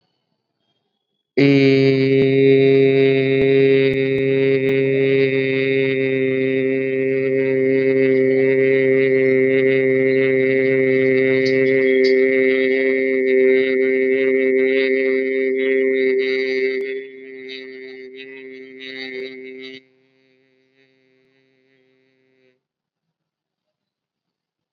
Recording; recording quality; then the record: sustained vowel as in made; excellent, no background noise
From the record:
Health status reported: COVID-19 positive, mild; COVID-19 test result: positive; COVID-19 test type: RT-PCR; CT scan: not taken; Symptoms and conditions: cough, sore throat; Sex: male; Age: 18 years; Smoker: no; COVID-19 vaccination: both doses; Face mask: worn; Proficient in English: yes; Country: India